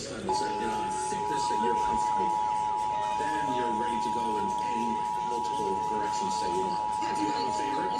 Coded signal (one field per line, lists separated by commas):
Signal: Emergency Alert System (SAME) tones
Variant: 853 and 960 Hz attention tone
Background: speech